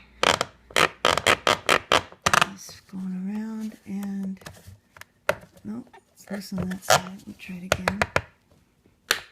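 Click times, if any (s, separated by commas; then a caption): 9.1 s. After a failed first try, the plastic-backed side mirror glass of a 1996–2005 Toyota RAV4 is pressed by hand onto the door mirror's adjuster mount, with several sharp clicks and taps along the way while someone talks. A single sharp snap at 9.1 s marks the glass seating on the mount.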